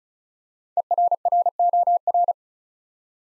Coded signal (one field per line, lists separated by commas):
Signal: Morse code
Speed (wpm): 36 wpm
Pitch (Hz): 700 Hz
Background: none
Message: ERROR